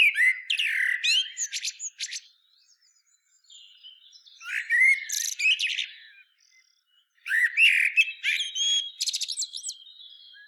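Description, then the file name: Common blackbird delivering three song phrases, each rich fluted notes running into high, jumbled twittering, separated by brief quieter gaps. "Turdus merula"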